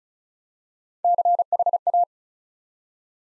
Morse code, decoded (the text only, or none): CHA